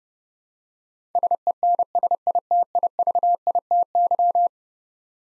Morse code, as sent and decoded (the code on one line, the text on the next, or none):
... . -. ... .. - .. ...- .. - -.--
SENSITIVITY